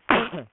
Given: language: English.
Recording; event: throat vibration sensor signal played as sound; cough